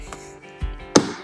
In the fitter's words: push it snaps right back into place there we go okay so let's turn on the car